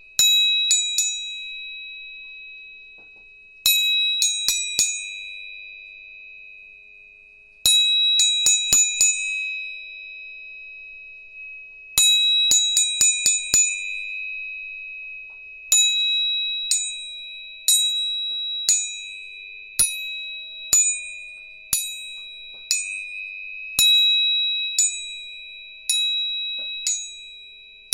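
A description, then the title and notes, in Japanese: Tuning forks are struck again and again, each tap a bright metallic click followed by a clear, steady ringing tone that slowly fades. Early on the taps come in quick bunches every few seconds; later they fall singly at an even, roughly one-second pace. 音叉チューニング3本。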